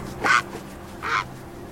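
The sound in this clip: Great Blue Heron calls: two short, harsh, croaking squawks.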